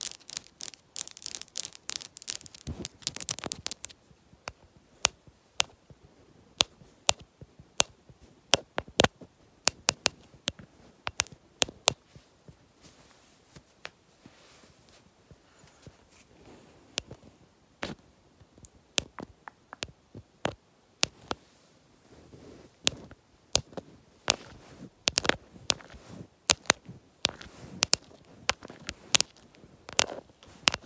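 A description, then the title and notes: Long fingernails tap rapidly on a lens, dense bursts of sharp clicks at first, then irregular quick clusters with brief pauses throughout. ASMR Fast Nail & Lens Tapping w Long Nails.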